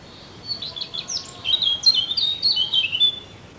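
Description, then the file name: Eurasian blackcap warbling: a quiet start building into a louder, rapid run of varied chattering and fluty notes for about three seconds. "Sylvia atricapilla"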